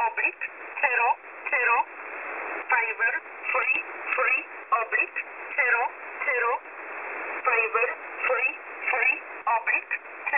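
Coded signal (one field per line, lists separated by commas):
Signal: numbers station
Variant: E11 Oblique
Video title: E11 Oblique 20/02/2023 0900 UTC 11092kHz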